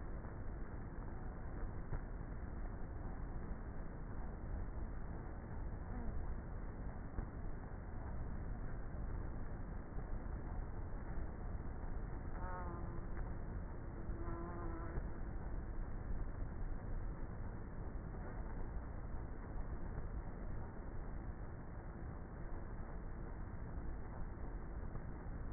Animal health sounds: honeybee colony, microphone inside the hive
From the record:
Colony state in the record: queenless with a low population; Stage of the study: before two queens were removed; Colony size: about 30,000 bees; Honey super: no

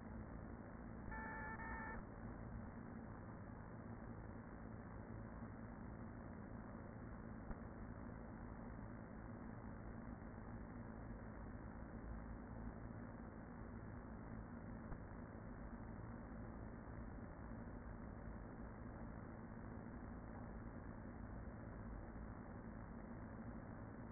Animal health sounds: honeybee colony, microphone inside the hive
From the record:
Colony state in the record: queen present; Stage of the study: after two queens were removed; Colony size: about 40,000 bees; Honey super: no

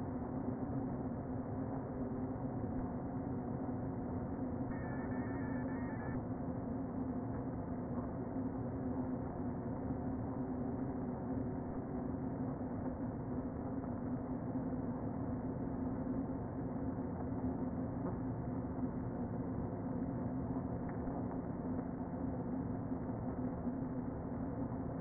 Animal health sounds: honeybee colony, microphone inside the hive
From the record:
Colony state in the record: queen present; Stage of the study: before two queens were removed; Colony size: about 60,000 bees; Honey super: yes

